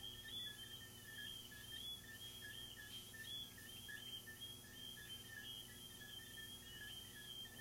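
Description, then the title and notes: Crickets chirp in a layered chorus, a high ringing trill with lower pulses repeating a little under once per second, quiet background. Crickets recorded in the recordist's garden, presented as relaxing ASMR. "These are relaxing asmr crickets from my garden"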